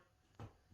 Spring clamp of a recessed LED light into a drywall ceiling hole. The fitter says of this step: and the other one's not going anywhere nice and flush you're going to hear a click